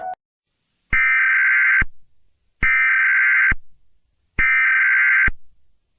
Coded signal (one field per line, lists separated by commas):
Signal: Emergency Alert System (SAME) tones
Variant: header bursts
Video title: The Caillou-25 Virus Pandemic, An EAS Scenario #easscenario #pandemics #scary